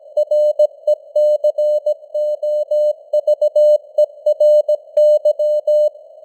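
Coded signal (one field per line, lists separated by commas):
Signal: Morse code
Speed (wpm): 17 wpm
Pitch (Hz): 600 Hz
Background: none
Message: RECOVERY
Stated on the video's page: News headlines in Morse at 17 wpm with simulated radio noise and fading (QSB).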